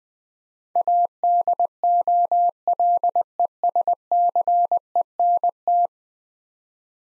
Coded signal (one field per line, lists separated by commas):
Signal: Morse code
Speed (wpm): 21 wpm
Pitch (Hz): 700 Hz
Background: none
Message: ADOLESCENT